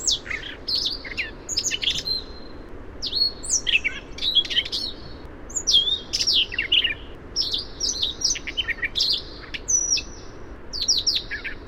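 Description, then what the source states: Siberian rubythroat singing a long, fast, varied warble of high whistled and scratchy notes and short slurred phrases, barely pausing, over steady background noise. Song variation.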